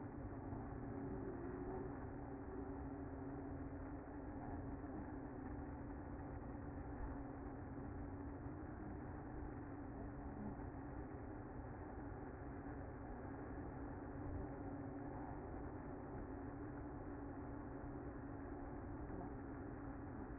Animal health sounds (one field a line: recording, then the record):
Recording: honeybee colony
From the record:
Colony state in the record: active